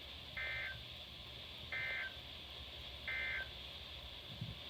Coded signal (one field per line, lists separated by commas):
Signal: Emergency Alert System (SAME) tones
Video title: A great way to end of the month EAS# 333-342 from 10/25/20 - 10/30/20